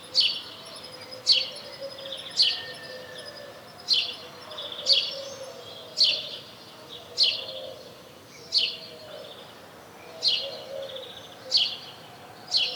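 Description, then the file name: House sparrow giving a steady series of about eleven loud, clipped chirps, roughly one a second, with a soft low hum underneath. "Passer domesticus"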